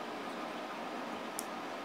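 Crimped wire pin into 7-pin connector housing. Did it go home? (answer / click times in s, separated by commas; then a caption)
no / none. A crimped male pin on 22 AWG wire is handled as it is slid toward a plastic 7-pin connector housing, under steady broadband background hiss with one brief high-pitched tick near 1.4 s. Nothing has seated or clicked yet; the pin is not yet home in the housing.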